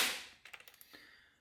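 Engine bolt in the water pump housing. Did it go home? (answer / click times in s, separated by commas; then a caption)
no / 0.5 s, 0.7 s, 0.8 s. A tool slips on the head of a steel bolt in the water pump housing of a motorcycle engine while the water pump is being removed. It makes short, sharp metallic ticks at 0.5, 0.5, 0.7 and 0.8 seconds after a fading high hiss. The bolt head is stripped.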